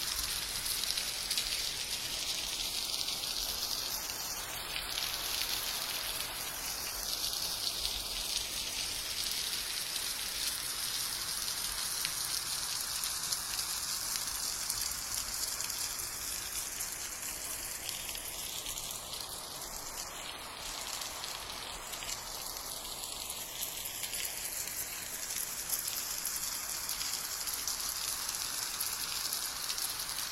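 Rain falls in a steady, dense hiss that stays bright and even for the whole stretch. Twice, near five seconds and again around twenty, a soft whooshing sweep rises and falls as if something passes by, then fades back into the rain.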